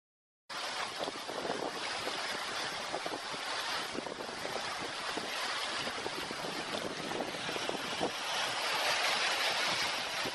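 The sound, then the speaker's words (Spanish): The flowing water of the Balsas River in Mexico makes a steady, full rushing roar that starts abruptly and continues without pause, dense hiss layered over low rumble, with no voices. “Este río es el famoso río Balsas.”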